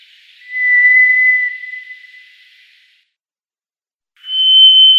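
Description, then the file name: White's thrush song: a long, pure whistled note held for about two seconds, then after silence a second, higher steady whistle begins. "Drozd pestryj"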